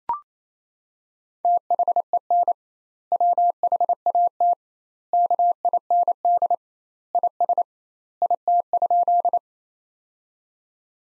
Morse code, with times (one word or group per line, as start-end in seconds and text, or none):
1.4-2.5 THEN
3.1-4.5 WHAT
5.1-6.5 KIND
7.1-7.6 IS
8.2-9.4 IT?